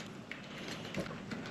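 The side control switch panel of an LED steering wheel for a Challenger is pressed into the steering wheel trim, giving a short mechanical click at 0.3 s over steady background noise. Two softer knocks follow near 1.0 s and 1.3 s. The panel snaps in and is seated.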